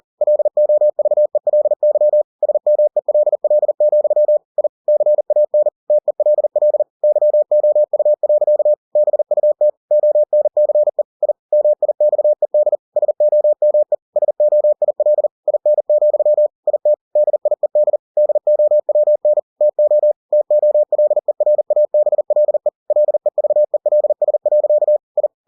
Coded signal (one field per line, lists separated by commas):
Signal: Morse code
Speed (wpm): 40 wpm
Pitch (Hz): 600 Hz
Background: none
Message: LOVELY SMELL, I CAN TELL YOU. BUT ONCE I MIXED SOME SOIL IN, IT DIED DOWN TO TOLERABLE LEVELS. I